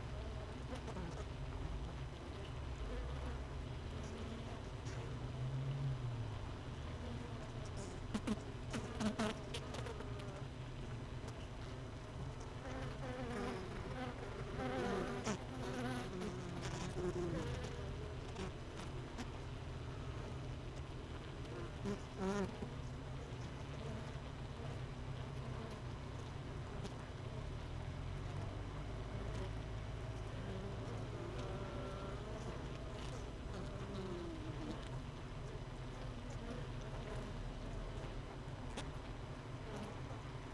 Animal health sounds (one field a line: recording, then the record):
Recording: honeybee colony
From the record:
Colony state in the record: missing queen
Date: 31 May 2018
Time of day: 16:43